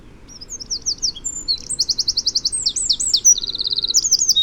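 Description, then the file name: Eurasian wren song of shrill notes running into fast, rattling trills that shift in pitch several times through the phrase. "Troglodytes troglodytes"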